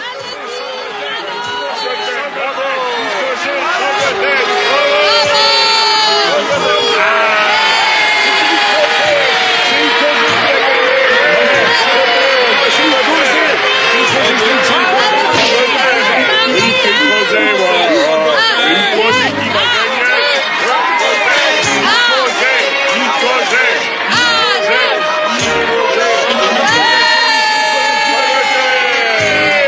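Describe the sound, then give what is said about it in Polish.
A large crowd roars and cheers without pause, full of overlapping shouts and high whoops, loud and steady for the whole stretch, with scattered clapping mixed into the din, applauding the fighters Ikos and Son Goten as they enter the mat at a world martial arts championship. “Brawa dla zawodników.”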